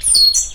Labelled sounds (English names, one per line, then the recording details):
Stitchbird song
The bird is a male
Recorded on Tiritiri Matangi Island, New Zealand, in 2005
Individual 12, of nest box 16